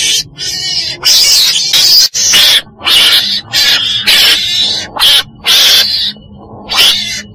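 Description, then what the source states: Weasel calling with rough, hissing screams of uneven length, some clipped short, others drawn out, separated by quiet breaks. Black weasel (chồn đen) calling.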